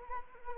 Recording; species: mosquito wingbeat signal from an infrared sensor; Anopheles arabiensis